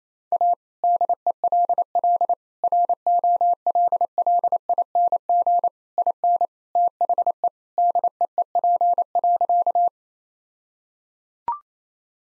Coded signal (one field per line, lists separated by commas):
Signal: Morse code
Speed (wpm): 27 wpm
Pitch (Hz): 700 Hz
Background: none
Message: A DELL ROLLING IN THE DEEP.